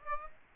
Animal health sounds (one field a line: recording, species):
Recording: mosquito wingbeat signal from an infrared sensor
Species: Aedes aegypti